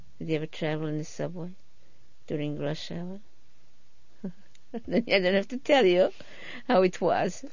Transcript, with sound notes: Have you ever traveled in the subway during rush hour? ( she laughs ) Then I don't have to tell you how it was.